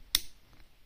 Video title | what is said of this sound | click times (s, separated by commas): visseuse à percussion parkside performance 80NM | et là mon mandrin est verrouillé sinon vous risquez d'avoir vos mèches qui tournent | 0.2 s